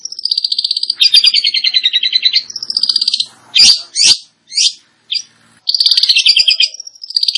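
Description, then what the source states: Long-tailed shrike song: long rapid rattling trills broken by a few loud, harsh rasping notes, then the fast trilling resumes. Described as gacor, singing actively and profusely.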